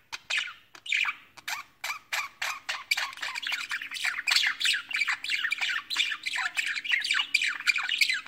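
Budgerigar chatter: rapid harsh squawks and warbled notes, about three per second, steady and continuous, with a faint low hum beneath.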